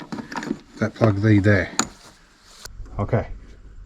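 A spark plug lead with a rubber/silicone boot is handled over a spark plug in the engine head of a VX Holden Commodore while someone talks. Brief light knocks and handling sounds are heard. Nothing has seated or clicked yet, and the boot is not yet home on the plug.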